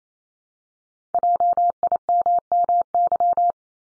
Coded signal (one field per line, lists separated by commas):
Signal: Morse code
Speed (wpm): 28 wpm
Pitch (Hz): 700 Hz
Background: none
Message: JIMMY